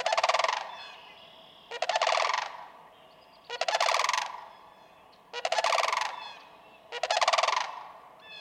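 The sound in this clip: Sandhill crane giving loud rattling calls, five rolling, purring bursts repeated roughly every one and a half to two seconds.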